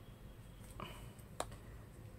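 A clipped-on plastic cover on a top-loader washing machine's spin/drive assembly part, the part usually at fault when the drum knocks during the spin cycle, is pried off after twisting it failed. Its snap-fit clips let go with a softer snap at 0.8 s and a sharper, louder snap at 1.4 s over a low background hum. The cover comes free, confirming it was clipped on.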